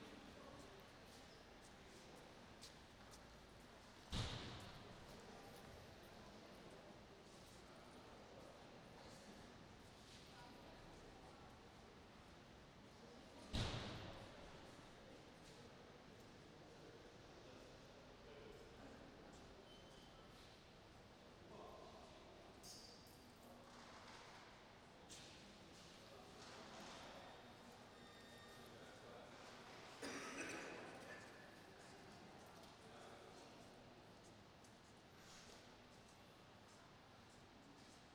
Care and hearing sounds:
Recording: everyday scene through a hearing-aid microphone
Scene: reverberant space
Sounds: background noise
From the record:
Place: railway station hall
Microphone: in the ear canal, right

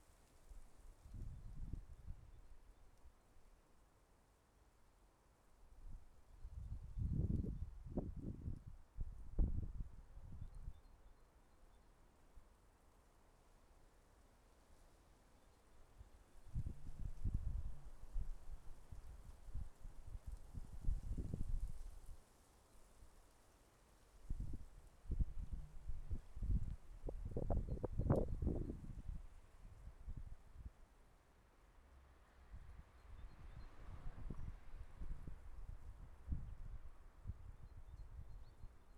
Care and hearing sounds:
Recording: everyday scene through a hearing-aid microphone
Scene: wind on the microphone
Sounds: wind, traffic, birds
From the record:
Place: suburban garden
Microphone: behind the ear, left, rear

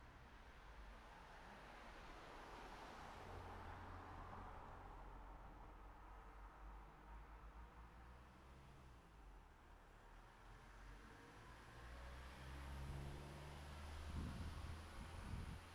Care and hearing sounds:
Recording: everyday scene through a hearing-aid microphone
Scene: in traffic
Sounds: traffic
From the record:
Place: city secondary road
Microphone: behind the ear, right, rear

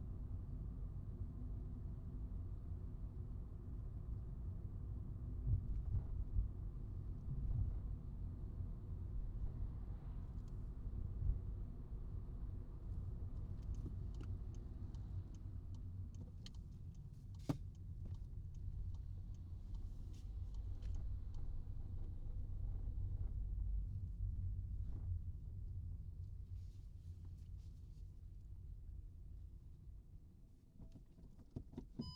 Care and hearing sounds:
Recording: everyday scene through a hearing-aid microphone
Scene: in a vehicle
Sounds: engine, rumble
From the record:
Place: Skoda Fabia, gasoline engine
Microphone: in the ear canal, right

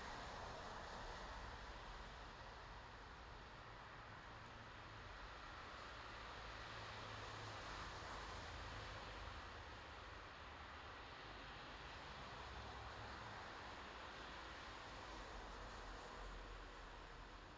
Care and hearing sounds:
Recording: everyday scene through a hearing-aid microphone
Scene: in traffic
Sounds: traffic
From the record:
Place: bus stop on a city main road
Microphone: in the ear canal, left

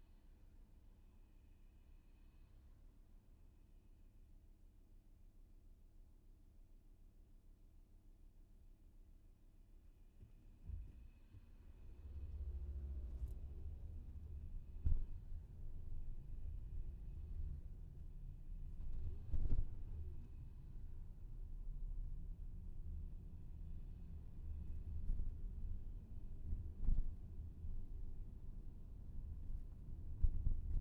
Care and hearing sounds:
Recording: everyday scene through a hearing-aid microphone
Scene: in a vehicle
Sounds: engine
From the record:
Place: VW T5 Caravelle, diesel engine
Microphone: behind the ear, left, rear

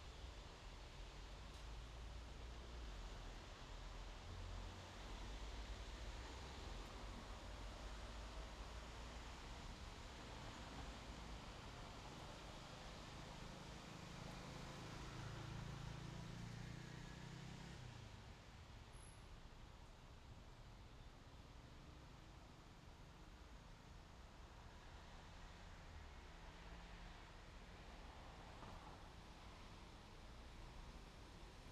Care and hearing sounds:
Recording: everyday scene through a hearing-aid microphone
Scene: in traffic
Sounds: traffic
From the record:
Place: main road on the outskirts, rush hour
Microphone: in the ear canal, left

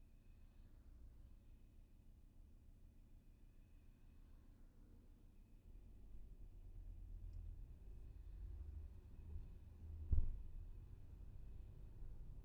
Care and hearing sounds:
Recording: everyday scene through a hearing-aid microphone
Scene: in a vehicle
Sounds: engine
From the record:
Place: VW T5 Caravelle, diesel engine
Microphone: behind the ear, left, front

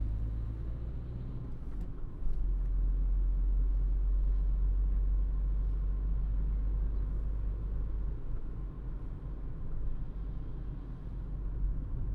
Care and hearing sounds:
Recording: everyday scene through a hearing-aid microphone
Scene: in a vehicle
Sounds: engine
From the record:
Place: Berlingo II, diesel engine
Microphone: behind the ear, right, front

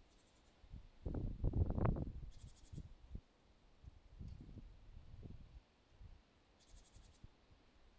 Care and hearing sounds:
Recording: everyday scene through a hearing-aid microphone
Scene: wind on the microphone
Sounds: wind, traffic, birds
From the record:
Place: suburban garden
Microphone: in the ear canal, left

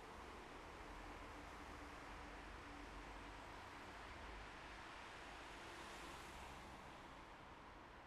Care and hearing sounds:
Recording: everyday scene through a hearing-aid microphone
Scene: in traffic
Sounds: traffic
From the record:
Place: bus stop on a city main road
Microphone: behind the ear, left, front

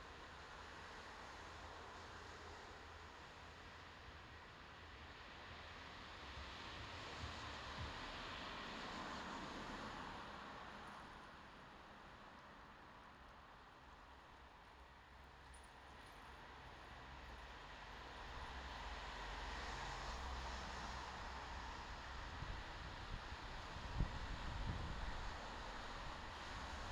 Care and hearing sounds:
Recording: everyday scene through a hearing-aid microphone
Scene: in traffic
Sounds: traffic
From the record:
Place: bus stop on a city main road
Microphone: in the ear canal, left

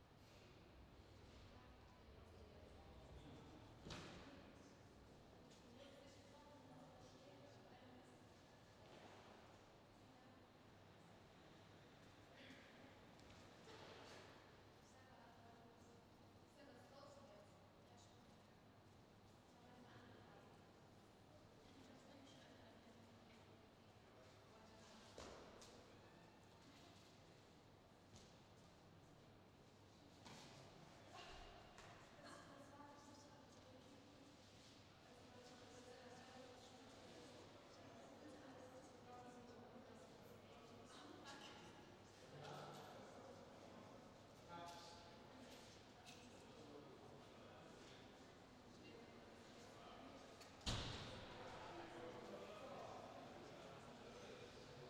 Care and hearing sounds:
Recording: everyday scene through a hearing-aid microphone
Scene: reverberant space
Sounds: background noise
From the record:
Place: railway station hall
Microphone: in the ear canal, left

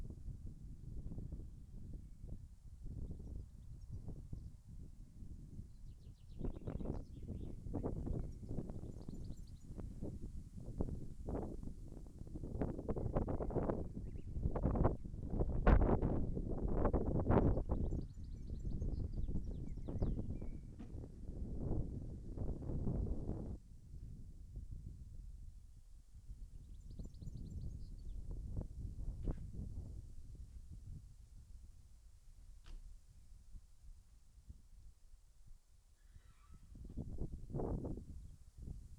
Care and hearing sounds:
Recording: everyday scene through a hearing-aid microphone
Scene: wind on the microphone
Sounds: wind, other noises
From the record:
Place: in front of a rural house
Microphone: behind the ear, left, rear

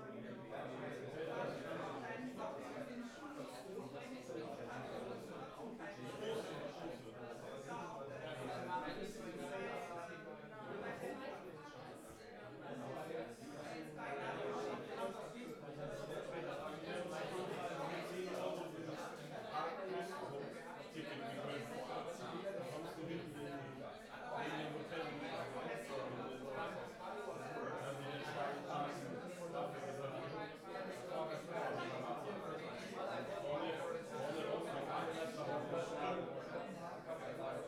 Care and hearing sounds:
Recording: everyday scene through a hearing-aid microphone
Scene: many people talking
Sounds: many voices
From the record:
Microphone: behind the ear, right, rear

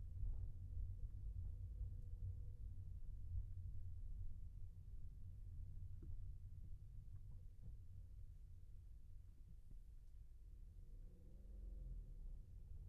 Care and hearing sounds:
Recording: everyday scene through a hearing-aid microphone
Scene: in a vehicle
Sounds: engine, rumble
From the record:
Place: Skoda Fabia, gasoline engine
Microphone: behind the ear, left, rear

